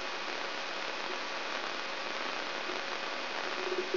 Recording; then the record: brain microelectrode recording played as sound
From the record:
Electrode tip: inside the subthalamic nucleus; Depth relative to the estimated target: -4 mm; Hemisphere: left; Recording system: AlphaMap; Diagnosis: Parkinson's disease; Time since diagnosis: 23 years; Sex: male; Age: 65 years